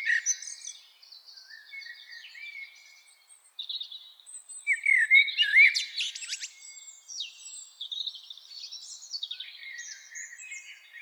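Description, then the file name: Common blackbird song, a warbled phrase of low whistles rising into thin, squeaky, buzzy twitters, then softer high notes continuing. "Turdus merula"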